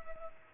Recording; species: mosquito wingbeat signal from an infrared sensor; Culex pipiens